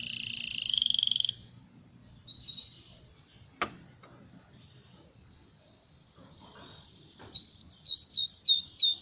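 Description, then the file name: Belgian canary song: a loud buzzy rolling phrase, a pause with a thin drawn-out whistle and a sharp click, then a bright fast trill of falling notes. Copper-coloured Belgian canary, singing. "canto do canario belga cobre"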